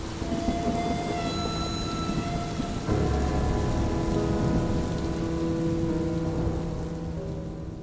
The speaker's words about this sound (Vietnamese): dương mắt nhìn ra bên ngoài trời mưa ầm ầm.